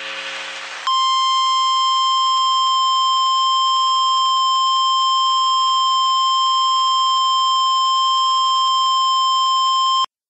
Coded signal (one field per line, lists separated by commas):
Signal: Emergency Alert System (SAME) tones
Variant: 1050 Hz attention tone